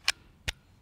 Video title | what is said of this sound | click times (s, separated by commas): WWII Japanese Type 14 Nambu | load it rounds forward in the pistol grip just like you wouldn't load any other gun lock into place | 0.1 s, 0.5 s